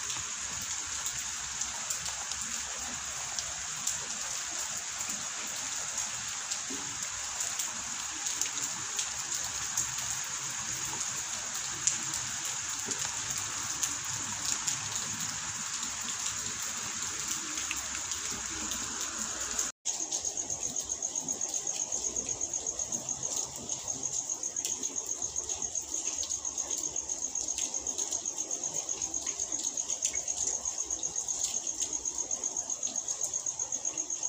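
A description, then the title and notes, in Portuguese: Rain falls in a steady, dense hiss of countless tiny drops, with a bright, thin edge running high over the whole stretch. Just before the twenty-second mark the sound cuts out for an instant, then resumes slightly louder and a little rougher. Som de chuva genuino gravado por mim e som de aguas.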